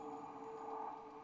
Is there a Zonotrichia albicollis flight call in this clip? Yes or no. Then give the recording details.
no. No flight call is heard. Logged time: 03:13 on 8 December 2014